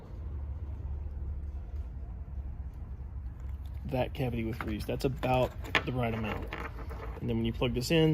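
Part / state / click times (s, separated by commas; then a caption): wiring plug into LED headlight bulb base / not seated / none. A wiring plug is being handled at the base of an LED headlight bulb whose cavity has been filled with grease, with a low steady hum under the first few seconds and someone talking from about 4 seconds on. Nothing has seated or clicked yet; the clip ends before the plug goes home.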